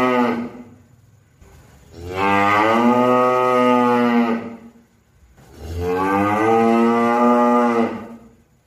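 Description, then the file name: Cow lowing in drawn-out, rich moos; a short call at the start, then two long bellows. "suara sapi"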